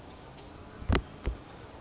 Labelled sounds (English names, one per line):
Western Flycatcher